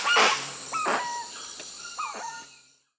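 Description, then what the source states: Spix's guan giving three loud, harsh honking calls, the first strongest, over quiet background hiss. Recorded in Peru, South America.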